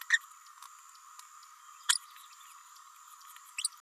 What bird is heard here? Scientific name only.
Forpus passerinus